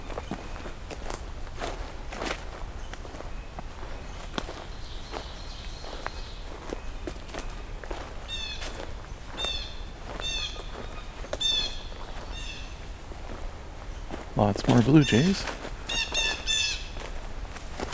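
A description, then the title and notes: Outdoor ambience in Henhoeffer Park East, with a steady low hum and sharp footstep-like taps scattered throughout. Bright, quick bird chirps repeat from about eight seconds on, and a brief low voice or animal call rises around fourteen seconds. Henhoeffer Park East. I return to Henhoeffer Park, except this time taking the east trail, about 1km away from the previous recording location.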